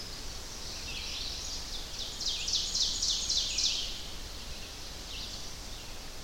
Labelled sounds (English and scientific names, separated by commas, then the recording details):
Ovenbird (Seiurus aurocapilla) song
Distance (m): 45 m
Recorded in boreal forest in Alberta, Canada, on 10 June 2016 at 05:52
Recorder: SongMeter 3, array SBT-3-39
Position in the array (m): 208 m, 164 m
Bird 17